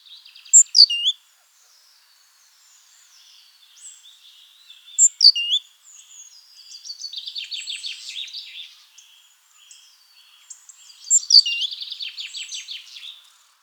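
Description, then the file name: Great tit calls: sharp, high chipping notes, then longer buzzy churring rattles, the harsh sequences recurring every few seconds. "Parus major"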